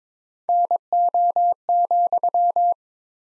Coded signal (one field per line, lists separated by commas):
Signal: Morse code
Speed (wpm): 22 wpm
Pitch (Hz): 700 Hz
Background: none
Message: NO,